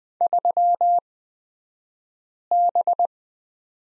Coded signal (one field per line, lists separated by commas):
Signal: Morse code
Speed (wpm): 20 wpm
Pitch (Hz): 700 Hz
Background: none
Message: 3B